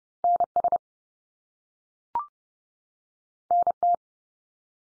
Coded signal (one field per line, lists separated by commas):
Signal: Morse code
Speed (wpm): 30 wpm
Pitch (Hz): 700 Hz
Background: none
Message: NS NT